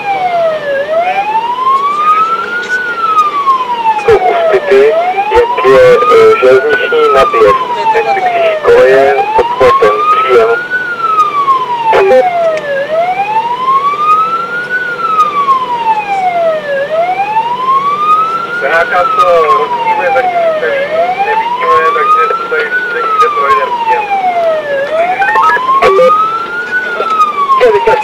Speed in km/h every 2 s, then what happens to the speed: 88, 86, 84, 82, 85, 88, 91, 95, 94, 93, 93, 89, 86, 86.
0-6 steady at about 84. 6-13 speeds up to 95. 17-28 slows to 86.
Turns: none.